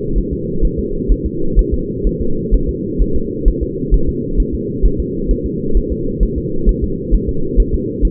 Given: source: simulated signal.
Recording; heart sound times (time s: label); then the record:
fetal heart sounds
0.18 s: S1
0.33 s: S2
0.65 s: S1
0.79 s: S2
1.12 s: S1
1.26 s: S2
1.59 s: S1
1.74 s: S2
2.07 s: S1
2.21 s: S2
2.54 s: S1
2.69 s: S2
3.02 s: S1
3.16 s: S2
3.48 s: S1
3.63 s: S2
3.94 s: S1
4.09 s: S2
4.40 s: S1
4.54 s: S2
4.86 s: S1
5.00 s: S2
5.31 s: S1
5.46 s: S2
5.77 s: S1
5.92 s: S2
6.23 s: S1
6.38 s: S2
6.69 s: S1
6.84 s: S2
7.14 s: S1
7.29 s: S2
7.60 s: S1
7.74 s: S2
8.05 s: S1
From the record:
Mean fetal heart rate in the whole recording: 130 bpm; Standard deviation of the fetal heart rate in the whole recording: 2 bpm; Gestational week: 36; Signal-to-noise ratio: -8.1 dB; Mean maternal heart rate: 72 bpm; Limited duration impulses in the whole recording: absent